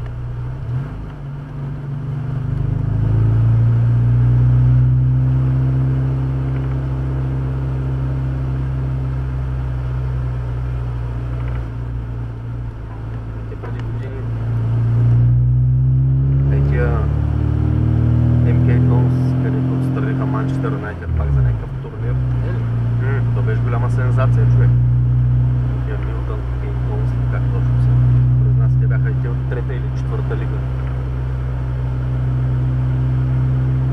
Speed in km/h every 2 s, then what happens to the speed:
18, 21, 26, 26, 26, 24, 23, 24, 30, 34, 35, 35, 36, 36, 38, 38, 38.
0-4 speeds up to 26. 4-13 steady at about 26. 13-18 speeds up to 34. 18-34 steady at about 36.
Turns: none.